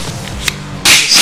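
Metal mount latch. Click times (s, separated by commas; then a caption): 0.5 s. A Sony Alpha A6600's quick-release plate is slid onto the mount clamp of a DJI Ronin SC gimbal over background music, with a soft tap at 0.3 s. A sharp click at 0.5 s marks the plate latching and locking in place. From about 0.9 s a louder, bright broadband wash fills the rest of the clip.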